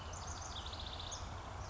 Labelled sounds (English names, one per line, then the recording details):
House Wren
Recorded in Sonoma County, California